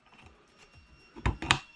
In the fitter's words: That's a nice click.